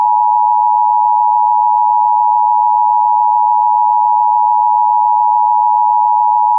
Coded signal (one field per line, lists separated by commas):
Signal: Emergency Alert System (SAME) tones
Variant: 853 and 960 Hz attention tone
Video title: US Emergency Alert Systems 2026 (part 5)